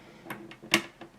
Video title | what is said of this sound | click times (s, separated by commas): Tip: How to use Stampin' Up! Cutting Tools | You could just feel it click. | 0.7 s